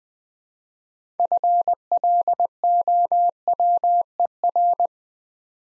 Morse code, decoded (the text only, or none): FLOWER